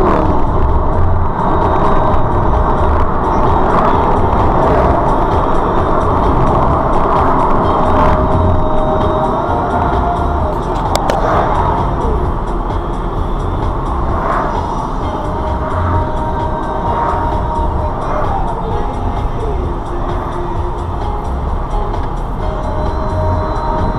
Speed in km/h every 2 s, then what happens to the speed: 85, 79, 69, 64, 53, 42, 39, 37, 35, 31, 24, 29.
0-19 slows to 24.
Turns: none.